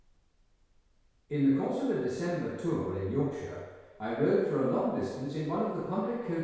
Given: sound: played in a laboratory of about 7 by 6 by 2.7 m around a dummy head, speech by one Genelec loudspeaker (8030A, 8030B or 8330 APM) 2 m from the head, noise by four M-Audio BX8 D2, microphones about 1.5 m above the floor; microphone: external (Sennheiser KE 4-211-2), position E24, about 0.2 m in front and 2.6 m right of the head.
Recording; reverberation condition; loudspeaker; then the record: male speech in English; high; 120 degrees to the right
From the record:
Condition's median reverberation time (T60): about 1300 ms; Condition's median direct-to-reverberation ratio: about -4.0 dB